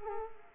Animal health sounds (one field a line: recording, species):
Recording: mosquito wingbeat signal from an infrared sensor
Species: Culex quinquefasciatus